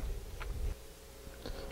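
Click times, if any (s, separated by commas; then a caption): 0.4 s. A plastic part is slid over the latch lever of a plastic sliding screen door latch and pull assembly and pressed until it snaps into place. A short sharp snap is heard at 0.4 s, followed by a quieter, longer knock around 1.5 s over low rumbling handling noise. The part is seated.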